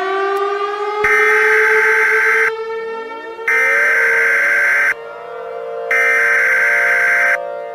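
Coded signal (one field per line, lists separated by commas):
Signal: Emergency Alert System (SAME) tones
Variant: header bursts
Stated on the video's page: Fictional EAS scenario made out of boredom, using valid SAME tones capable of activating equipment.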